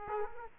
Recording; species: mosquito wingbeat signal from an infrared sensor; Aedes aegypti